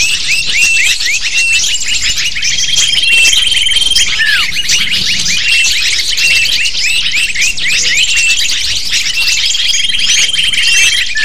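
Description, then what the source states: Lovebirds chattering as a dense flock, shrill overlapping chirps and squeaks without pause, with steady high whistled tones running through parts. Calls used as a lure (pikat) to attract lovebirds.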